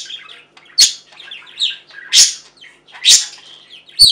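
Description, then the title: Budgerigar chirping and warbling, with loud sharp squawks or clicks coming roughly every second over quieter chatter. "Budgie Sounds"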